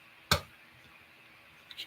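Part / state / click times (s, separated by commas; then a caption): plastic shell part into handheld game console housing / seated / 0.3 s. A plastic shell piece for a Game Boy Advance SP, pressed in again after a failed attempt, snaps into the handheld console's housing with a sharp, loud click at 0.3 s. A faint tick follows at 1.7 s, then a short soft rustle. The shell part is seated in place.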